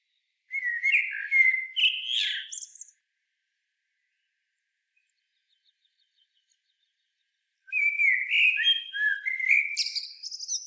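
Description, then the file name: Common blackbird song, two warbled phrases separated by several seconds of silence, each mixing mellow low whistles with shrill high twitters. "Turdus merula"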